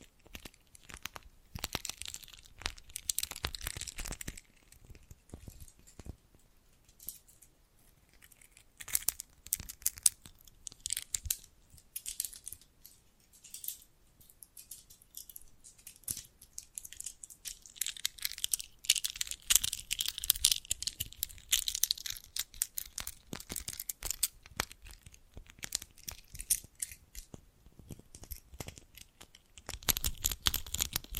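Bracelets and jewelry boxes being handled, producing a dense run of quick, bright clicks, rattles and crinkly scrapes. The activity comes in bursts with brief quieter gaps, busiest around 2–4, 10–12 and 19–23 seconds, with occasional low thumps underneath.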